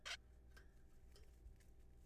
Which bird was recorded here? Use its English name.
Zebra Finch